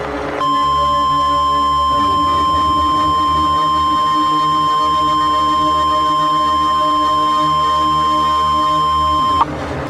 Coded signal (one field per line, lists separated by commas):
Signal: Emergency Alert System (SAME) tones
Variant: 1050 Hz attention tone